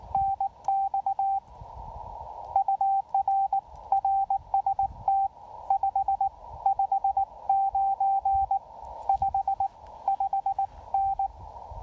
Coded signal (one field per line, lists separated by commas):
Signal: Morse code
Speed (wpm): 18 wpm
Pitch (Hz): 780 Hz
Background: none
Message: NX UR RST 559 55N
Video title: POTA Field Report: Pairing the FT-817ND with the EFT Trail-Friendly antenna at Lake Norman